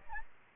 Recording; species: mosquito wingbeat signal from an infrared sensor; Aedes albopictus